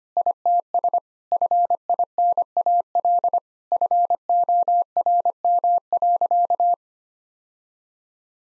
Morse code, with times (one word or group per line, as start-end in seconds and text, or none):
0.2-1.0 ITS
1.3-3.4 FINAL
3.7-6.7 FORM.